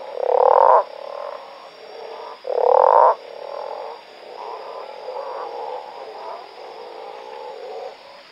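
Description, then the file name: Manaus slender-legged treefrog calling with two loud, grating, rattled croaks a couple of seconds apart, followed by softer overlapping croaks. "Osteocephalus taurinus"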